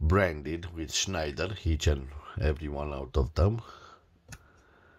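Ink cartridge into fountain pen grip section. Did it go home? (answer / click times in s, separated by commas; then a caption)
yes / 4.3 s. An ink cartridge is pushed onto the nipple of a pink Schneider 402 plastic school fountain pen's grip section while someone talks. A single short click at 4.3 s confirms the cartridge is seated and secure.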